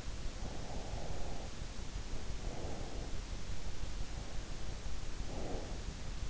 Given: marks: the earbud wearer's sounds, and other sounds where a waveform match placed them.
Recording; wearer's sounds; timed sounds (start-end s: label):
sounds in sleep by an in-ear microphone; breath
0.26-3.12 s: breath
5.14-6.11 s: breath